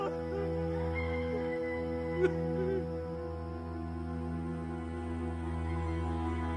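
A rooster crows briefly over a steady, humming tonal background, its wavering call rising out of the sustained drone for about a second before fading back into it.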